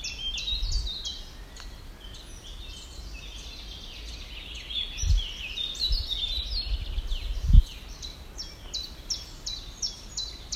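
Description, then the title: Woodland birds singing, with clusters of high, sweeping chirps and a steady run of repeated falling notes toward the end, plus a few dull thumps and rustles. Birds heard in a small woodland in Poland by a person walking alone and quietly listening. "一个人静静的走在波兰某个小丛林里静静的聆听鸟儿们的叫声"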